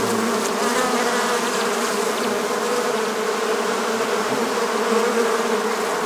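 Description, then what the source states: Honey bee hum: a continuous, even drone with layered low tones, with no breaks and no other sounds standing out. Buzzing.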